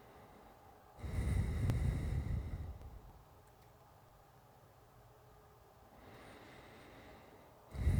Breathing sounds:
nose breathing near a microphone
0.00-0.88 s: inhalation
0.88-3.34 s: exhalation
5.80-7.57 s: inhalation
7.57-8.00 s: exhalation
From the record:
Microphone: phone

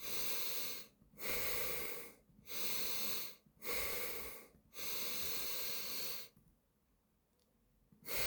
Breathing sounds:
nose breathing near a microphone
0.00-0.91 s: inhalation
0.91-2.16 s: exhalation
2.16-3.36 s: inhalation
3.36-4.46 s: exhalation
4.46-6.26 s: inhalation
7.81-8.27 s: exhalation
From the record:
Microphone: phone

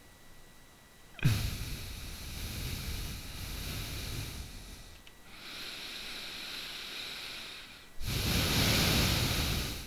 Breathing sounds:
nose breathing near a microphone
1.01-5.01 s: exhalation
5.01-7.65 s: inhalation
7.65-9.86 s: exhalation
From the record:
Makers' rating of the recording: bad

